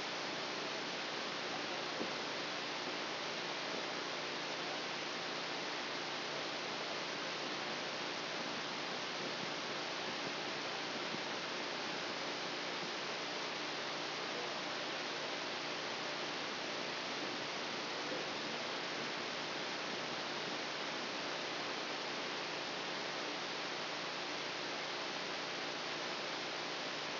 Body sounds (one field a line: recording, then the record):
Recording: brain microelectrode recording played as sound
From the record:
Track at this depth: outside the subthalamic nucleus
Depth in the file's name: 5.106 mm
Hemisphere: left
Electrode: 2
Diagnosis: Parkinson's disease